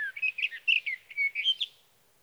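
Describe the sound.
Sage thrasher giving a brief rambling warble of slurred whistles and chirps, with notes run together before trailing off to silence.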